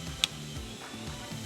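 The final piece of the tilt limiter assembly on an Aeron Classic office chair is pushed onto the chair's tilt mechanism until its small plastic clip engages. A single sharp snap is heard at 0.2 s over a low background hum. The tilt limiter clip snaps into place and is seated.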